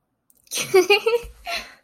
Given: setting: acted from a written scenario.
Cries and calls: vocal sound without words; amusement

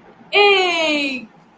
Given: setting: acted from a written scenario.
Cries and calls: vocal sound without words; elation

